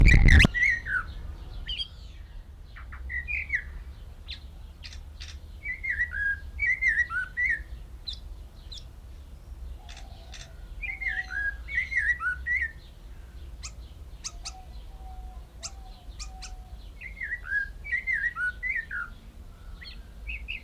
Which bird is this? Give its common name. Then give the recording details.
Snowy-crowned Robin-Chat. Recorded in captivity. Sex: male. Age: adult. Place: Zoo Berlin, Berlin, DE. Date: 1994-05-28 11:25. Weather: bedeckt, 12-15°C. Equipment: Marantz CP 430, Sennheiser ME 80, Kopie Uher Variocord 263. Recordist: Tembrock, Günter